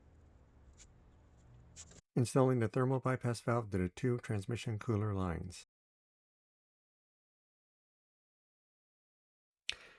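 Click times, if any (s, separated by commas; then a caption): 9.7 s. A transmission cooler hard line with an oiled O-ring quick-connect fitting is pushed into the port of a thermal bypass valve. Someone talks from about 2.1 to 5.6 s, followed by near silence. A single sharp click at 9.7 s shows the fitting has latched and is locked in place.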